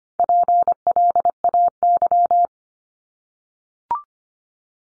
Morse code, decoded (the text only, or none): PLAY